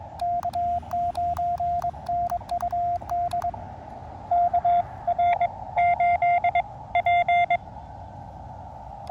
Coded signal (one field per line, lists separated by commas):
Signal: Morse code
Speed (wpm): 21 wpm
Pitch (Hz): 700 Hz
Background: radio noise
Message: K9NUD KR8P